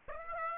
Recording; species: mosquito wingbeat signal from an infrared sensor; Aedes aegypti